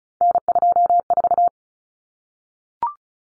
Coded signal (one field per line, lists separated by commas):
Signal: Morse code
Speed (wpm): 34 wpm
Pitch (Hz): 700 Hz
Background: none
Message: N24